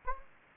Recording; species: mosquito wingbeat signal from an infrared sensor; Anopheles gambiae